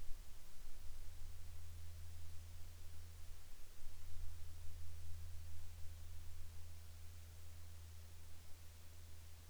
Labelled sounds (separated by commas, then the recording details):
near silence
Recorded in the Arctic National Wildlife Refuge, Alaska, on 8 July 2019 at 08:37
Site 39